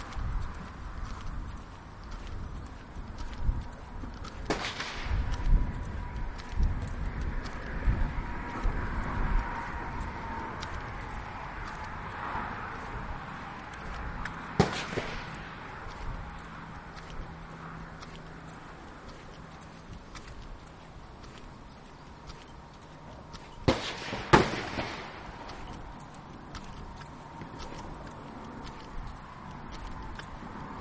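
A lunchtime walk around the neighborhood, with a steady low rumble and a quick, irregular patter of light taps and scuffs throughout. Sharper knocks or clatters stand out near 5, 15 and 24 seconds, and a faint engine-like hum passes around 15 to 19 seconds.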